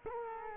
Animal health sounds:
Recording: mosquito wingbeat signal from an infrared sensor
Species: Culex quinquefasciatus

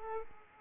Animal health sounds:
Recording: mosquito wingbeat signal from an infrared sensor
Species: Aedes aegypti

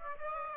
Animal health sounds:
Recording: mosquito wingbeat signal from an infrared sensor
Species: Aedes aegypti

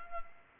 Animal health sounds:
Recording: mosquito wingbeat signal from an infrared sensor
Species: Culex pipiens

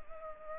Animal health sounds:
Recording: mosquito wingbeat signal from an infrared sensor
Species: Culex pipiens

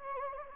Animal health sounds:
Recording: mosquito wingbeat signal from an infrared sensor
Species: Anopheles gambiae

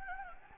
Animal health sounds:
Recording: mosquito wingbeat signal from an infrared sensor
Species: Anopheles gambiae

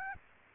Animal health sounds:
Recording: mosquito wingbeat signal from an infrared sensor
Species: Aedes aegypti

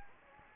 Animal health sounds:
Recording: mosquito wingbeat signal from an infrared sensor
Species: Anopheles gambiae

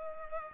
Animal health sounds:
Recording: mosquito wingbeat signal from an infrared sensor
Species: Culex pipiens

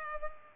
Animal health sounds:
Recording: mosquito wingbeat signal from an infrared sensor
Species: Culex pipiens

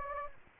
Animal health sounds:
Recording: mosquito wingbeat signal from an infrared sensor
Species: Anopheles gambiae

